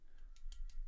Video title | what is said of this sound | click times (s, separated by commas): VeganPolice Product Review - One Blade Genesis and Core | can and just slide it in and you'll hear it click and then | 0.4 s, 0.5 s, 0.7 s